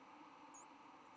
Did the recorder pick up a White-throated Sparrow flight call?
no